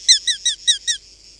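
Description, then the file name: Eurasian hobby calling five quick, shrill, downslurred kew notes in under a second, then quiet. "Larkfalk"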